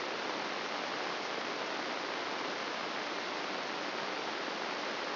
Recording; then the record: brain microelectrode recording played as sound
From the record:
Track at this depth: outside the subthalamic nucleus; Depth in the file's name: 2.773 mm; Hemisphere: left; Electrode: 3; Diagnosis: Parkinson's disease